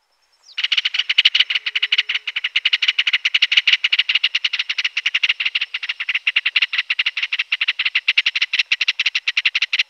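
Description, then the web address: Ringed kingfisher giving a long, harsh, dry rattle of rapid clicking notes, held almost unbroken for about nine seconds. Pantanal, Brazil. "sescpantanal. Martim pescador grande"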